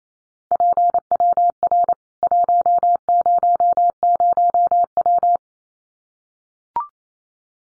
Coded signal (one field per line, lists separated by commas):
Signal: Morse code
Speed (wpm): 28 wpm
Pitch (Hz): 700 Hz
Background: none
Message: PWR 100W